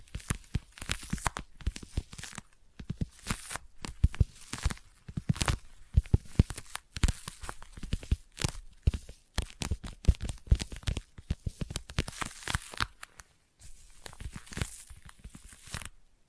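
Sticky tapping and sticky trigger sounds come in dense, irregular bursts of sharp clicks and tacky peeling snaps. The pace stays busy throughout, with brief quiet gaps near 2.5, 7, 9 and 13.5 seconds, and a bright, crackly tearing quality to many of the hits.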